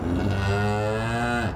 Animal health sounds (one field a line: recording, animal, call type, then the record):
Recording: contact call of a hoofed animal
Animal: cattle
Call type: low-frequency (closed-mouth) or high-frequency (open-mouth) call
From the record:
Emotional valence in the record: negative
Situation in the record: full separation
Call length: 1.56 s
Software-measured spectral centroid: 1760 Hz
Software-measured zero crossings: 1360 a second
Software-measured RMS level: -24 dBFS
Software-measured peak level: -13 dBFS